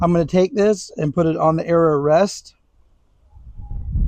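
Someone talks while laying an arrow shaft on the arrow rest of a Genesis bow and lining up its nock with the bowstring before pushing it home. After the talking stops around 2.3 seconds, there is near silence, then a faint rising rustle of handling from about 3.5 seconds. The nock has not yet clicked onto the bowstring.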